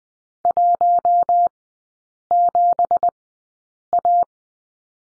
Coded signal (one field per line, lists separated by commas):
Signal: Morse code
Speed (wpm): 20 wpm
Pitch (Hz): 700 Hz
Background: none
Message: 17A